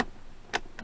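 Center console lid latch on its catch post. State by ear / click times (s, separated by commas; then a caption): not seated / none. Someone pulls up on the latch handle of a 2012 Ram 1500's center console lid, producing short, sharp plastic-like snaps near 0.0, 0.55 and 0.8 seconds over faint background noise. The latch's broken plastic pawls do not catch the post, so the lid stays shut. Nothing has seated or clicked, and the latch fails to engage.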